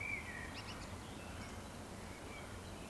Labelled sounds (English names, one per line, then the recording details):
Eurasian Woodcock whistle
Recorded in Baden-Württemberg, Germany, on 15 June 2020 at 19:54 UTC
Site 14569, 102 m above sea level